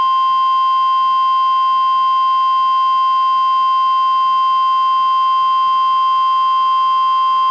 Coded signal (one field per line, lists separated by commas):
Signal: Emergency Alert System (SAME) tones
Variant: 1050 Hz attention tone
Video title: EAS #837: NWR Required Weekly Test- June 28, 2023- 11:01AM PDT